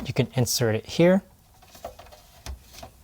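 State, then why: Seated. A charging cable is pressed into the cable management slot of a bedside table while someone talks over the first second and a quarter. Faint taps follow near 1.8 and 2.0 seconds, then a sharp click at 2.5 seconds as the cable pops in and seats in the slot.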